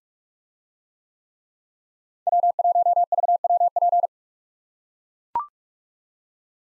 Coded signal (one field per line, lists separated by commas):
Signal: Morse code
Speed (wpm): 44 wpm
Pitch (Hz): 700 Hz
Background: none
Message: W1VWP